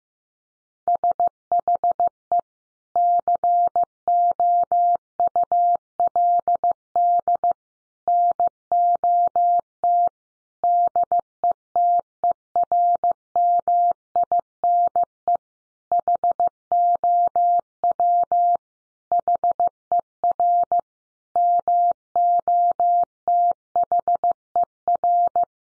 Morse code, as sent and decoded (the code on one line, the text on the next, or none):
... .... . / -.-. --- ..- .-.. -.. / -. --- - / -.. . - . .-. -- .. -. . / .... --- .-- / .... . .-. / -- --- - .... . .-.
SHE COULD NOT DETERMINE HOW HER MOTHER